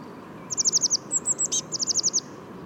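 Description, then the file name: Eurasian blue tit call, a rapid run of high thin notes broken into three quick groups with a sharp click in the middle, over faint hiss. "Cyanistes caeruleus"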